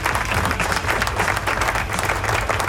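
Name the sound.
applause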